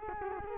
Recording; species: mosquito wingbeat signal from an infrared sensor; Culex quinquefasciatus